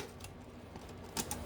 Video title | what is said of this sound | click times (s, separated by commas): Sneaker storage boxes from Bed Bath and Beyond Review (Part 1). | Let's see, guys. There we go. You heard that click? | 1.3 s